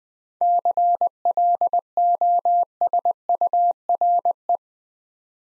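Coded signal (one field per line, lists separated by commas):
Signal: Morse code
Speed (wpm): 20 wpm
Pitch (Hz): 700 Hz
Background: none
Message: CLOSURE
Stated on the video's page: Morse practice at 20 wpm: seven-letter words for head-copy, each sent twice with spoken hints between.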